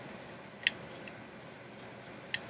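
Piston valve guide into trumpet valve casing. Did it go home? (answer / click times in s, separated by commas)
yes / 0.7 s, 2.3 s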